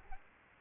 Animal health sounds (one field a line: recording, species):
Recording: mosquito wingbeat signal from an infrared sensor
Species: Aedes albopictus